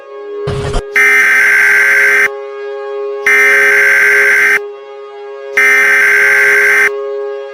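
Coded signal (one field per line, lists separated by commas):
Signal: Emergency Alert System (SAME) tones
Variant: header bursts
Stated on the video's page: Fictional EAS scenario about a geomagnetic storm, a simulation rather than a real alert.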